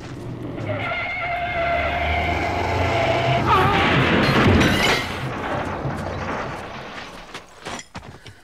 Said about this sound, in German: Der verrückte Kerl jagt genau auf unseren Wagen los!